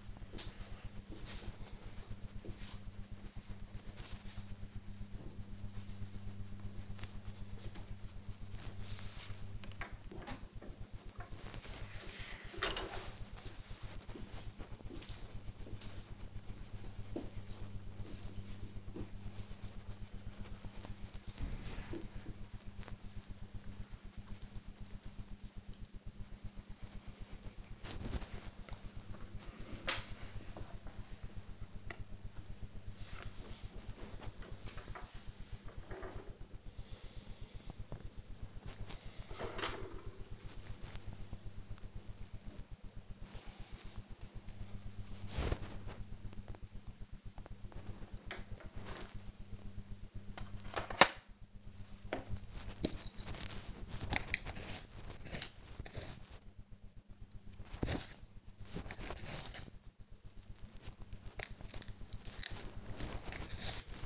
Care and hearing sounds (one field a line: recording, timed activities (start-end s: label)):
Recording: household activities, microphone on the right wrist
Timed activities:
0.00-64.06 s: drawing